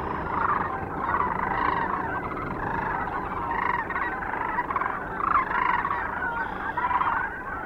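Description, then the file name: Sandhill Cranes in a large calling flock, an unbroken wash of rolling, gargling bugles with a few individual calls rising above the din. Recorded 9 March 2004 near Kearney, Nebraska. "2004-03-09 SACRandmore Kerney NE"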